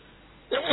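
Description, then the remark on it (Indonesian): A single sudden sneeze bursts out after a near-silent moment, a sharp, breathy blast with a brief voiced edge, fairly loud and cut off quickly. “Alhamdulillah.”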